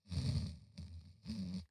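Three rough, low snorting bursts, an adult man's imitation of the loud, choking snoring of severe sleep apnea.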